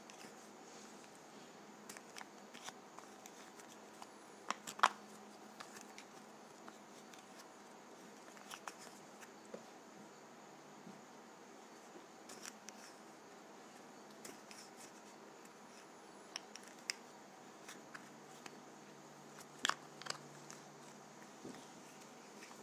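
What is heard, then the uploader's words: A lip gloss container is handled with small, sharp plastic clicks and taps scattered irregularly over a steady, soft hiss. Two louder snaps stand out near the five-second mark and again around twenty seconds, with quieter ticks and rustles between them. ASMR Lip Gloss Container.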